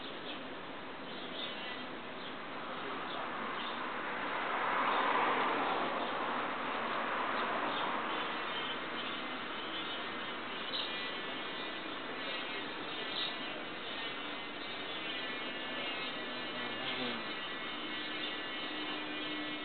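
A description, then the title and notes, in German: Bumblebees and hornets buzz together in a dense, continuous drone of overlapping wingbeats, with pitches that waver as insects shift around. The swarm swells louder around five seconds, then settles back to a steady hum, and a single lower buzz holds near the end. Hummel-Hornissen-Gruppendynamik.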